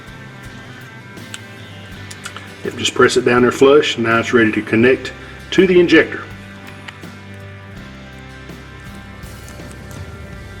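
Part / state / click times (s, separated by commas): wiring harness connector onto fuel injector / not seated / none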